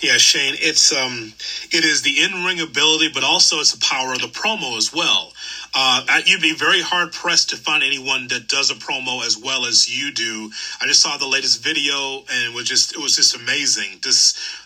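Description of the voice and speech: A man speaks in clear, fluent conversational English at a relaxed pace, with natural pitch movement and only brief fillers and a short phrase repeat typical of casual talk. Voice quality and articulation are ordinary, with no sign of a speech or voice disorder.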